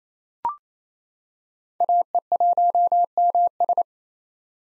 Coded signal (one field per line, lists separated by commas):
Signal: Morse code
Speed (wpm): 27 wpm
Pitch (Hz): 700 Hz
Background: none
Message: AE1MS